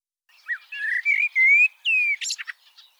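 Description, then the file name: Common blackbird song: fluty whistled notes, finished with a shrill, squeaky twittered flourish. "Turdus merula"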